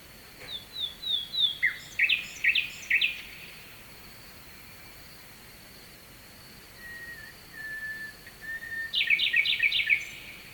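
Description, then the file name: Nightingale song: a run of soft notes, then sharp slurred whistles, a pause with a low held tone, and a fast rattling burst of repeated notes, over a steady hiss of running water. Night song, recorded at Kovachevitsa, Bulgaria, with a distant stream. "Noshten slavej i dalechen potok (s Kovachevica)"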